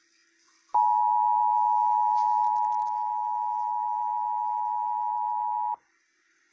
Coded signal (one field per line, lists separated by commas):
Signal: Emergency Alert System (SAME) tones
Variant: 853 and 960 Hz attention tone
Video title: EAS 311 WAKEFIELD river FLW